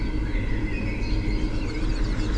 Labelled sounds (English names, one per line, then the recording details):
Mallard
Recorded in Germany
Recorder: ecoPi